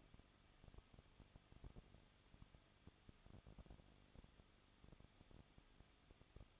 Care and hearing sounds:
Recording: daily activity, microphone in the room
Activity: no activity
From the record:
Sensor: 4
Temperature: 23.1 degrees Celsius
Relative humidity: 34.3%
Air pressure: 1007.2 hPa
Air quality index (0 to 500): 213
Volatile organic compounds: 14 ppm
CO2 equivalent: 2461 ppm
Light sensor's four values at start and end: 2/3/1/1 and 2/3/1/1

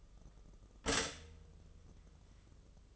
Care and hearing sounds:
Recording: daily activity, microphone in the room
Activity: stop toaster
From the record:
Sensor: 4

